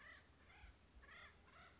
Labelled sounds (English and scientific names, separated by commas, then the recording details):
Acorn Woodpecker (Melanerpes formicivorus)
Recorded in Sonoma County, California